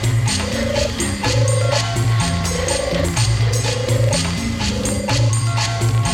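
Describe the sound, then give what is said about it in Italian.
A turtle dove coos in a steady, repeating rhythm of low, purring notes, each phrase answered by a slightly higher tone. The calling is moderately loud and continuous, with no talking. “Ed ecco la tortora.”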